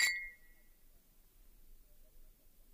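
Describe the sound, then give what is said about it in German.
A single bright clink of glasses as two old friends toast over another drink, ringing out in a high, clear tone that fades within a second, followed by faint, quiet background. “Wir wollen noch einen Schluck trinken.”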